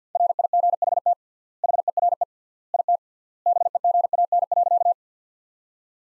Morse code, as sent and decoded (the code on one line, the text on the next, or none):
.-. .. --. .... - / .... . .-. . / .. - / -... . --. .- -. .-.-.-
RIGHT HERE IT BEGAN.